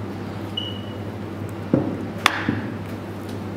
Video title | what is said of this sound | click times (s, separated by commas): 4 - Reassembly | hear a click it's done | 2.3 s